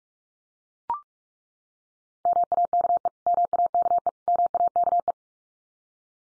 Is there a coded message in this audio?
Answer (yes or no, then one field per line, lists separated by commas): yes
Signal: Morse code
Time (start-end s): 2.3-5.1 s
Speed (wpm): 44 wpm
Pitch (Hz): 700 Hz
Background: none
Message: MAKE MAKE MAKE